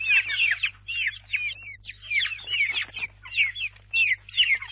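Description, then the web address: Chicken chicks cheeping in shrill, downward-sliding peeps, bursts coming in quick clusters with brief gaps between them. Young chickens, chicks. "Audio Music Sound Effects Special FX 2. Chicks"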